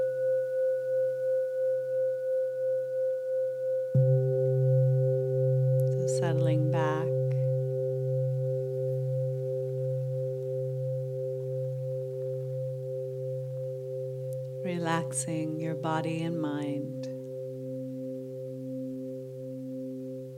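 Tibetan singing bowls ring in long, steady tones with a slow wavering pulse. A second bowl is struck near four seconds, adding a fuller low hum. Brief bright clusters of chiming overtones flare up around six seconds and again near fifteen seconds, then fade.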